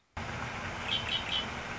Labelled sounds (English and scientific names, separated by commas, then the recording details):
Red-winged Blackbird (Agelaius phoeniceus)
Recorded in Sonoma County, California